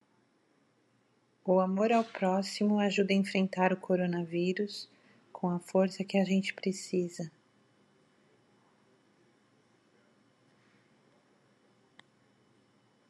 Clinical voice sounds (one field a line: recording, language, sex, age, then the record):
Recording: spoken sentence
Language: Brazilian Portuguese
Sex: female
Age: 40 to 49 years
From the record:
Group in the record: control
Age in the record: 45 years